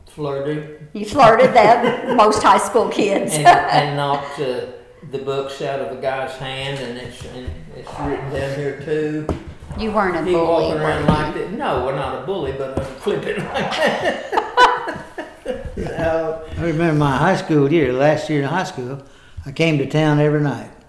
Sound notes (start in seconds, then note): 3.4 laughter; 13.1 laughter